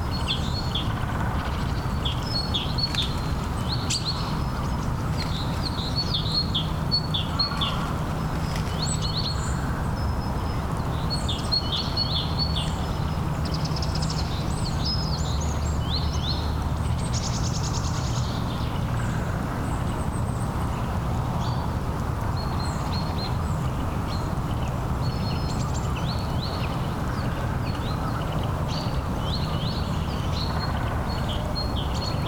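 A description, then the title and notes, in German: An outdoor soundscape near a monastery, with birds chirping in short, repeated bursts throughout, thin and high, sometimes several at once. A steady low rumble and hiss sit underneath, and a brighter call stands out briefly around the middle. Aufwachen im Kloster Ihlow. Es sollte ein weiterer Versuch der Aufnahme der Klangräume rund um das Kloster Ihlow werden. 8 Uhr am Morgen.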